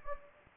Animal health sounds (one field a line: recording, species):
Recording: mosquito wingbeat signal from an infrared sensor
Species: Anopheles gambiae